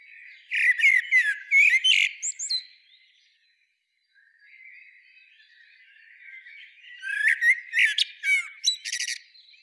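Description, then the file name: Common blackbird singing a warbled phrase with scratchy high notes, a quieter pause, then another phrase with thin squeaks. "Turdus merula"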